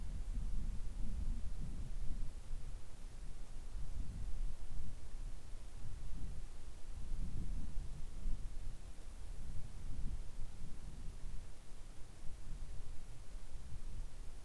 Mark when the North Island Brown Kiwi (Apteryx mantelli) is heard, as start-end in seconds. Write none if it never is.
none